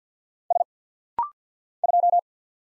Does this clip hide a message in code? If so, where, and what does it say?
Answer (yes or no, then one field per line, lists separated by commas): yes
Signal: Morse code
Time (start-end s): 0.5-2.2 s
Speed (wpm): 49 wpm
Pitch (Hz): 700 Hz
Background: none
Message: S 2